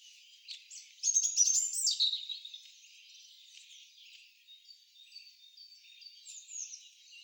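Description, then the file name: European robin singing a high, thin warble of sliding whistles and quick trills, loudest early on, then fading into softer, scattered notes. "Erithacus rubecula"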